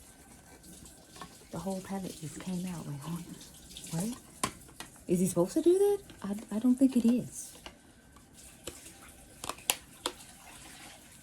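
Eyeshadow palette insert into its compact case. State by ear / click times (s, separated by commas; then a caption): seated / 9.7 s. A loose eyeshadow palette insert that had fallen out of its compact case, held over a table, is pushed back into the case while someone talks. Soft handling taps lead up to a sharp snap at 9.7 s as the insert seats back in the case.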